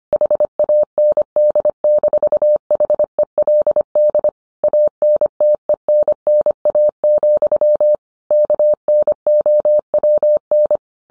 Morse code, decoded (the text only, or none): HAND-HELD ANTENNA, KNOWN